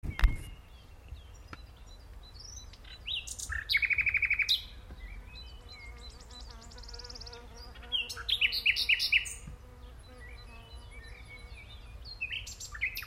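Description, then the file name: Common nightingale song: scattered phrases, a fast repeated buzzy note series and rattling trills, separated by quiet gaps; a sharp click at the start and a low hum throughout. "Luscinia megarhynchos"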